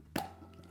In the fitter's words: did you hear the pop on the container satisfactory pop seal stays fresh